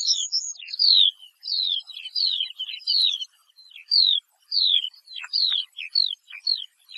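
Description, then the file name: Eurasian skylark song: high, clear notes repeatedly sliding downward, delivered in a fast, varied run with short gaps between the phrases. "Allodola"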